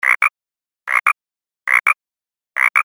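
Frog croaking in short paired bursts, a rasping double note repeated about every second, four times, with silence in between.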